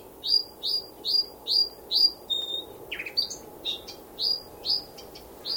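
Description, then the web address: Brown thornbill giving rapid high chirps, with a flat whistle and a lower buzzy note midway, over faint steady hiss. "Sound Effects-Foundation 1 BIRD BROWN THORN BILL CALL"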